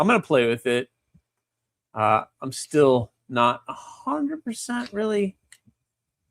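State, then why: Not seated. Someone talks while a fixed-blade knife is handled with a handmade taco sheath, with only a faint, brief tap near 5.5 seconds. The knife has not seated with a click in the sheath, though the fit holds it securely.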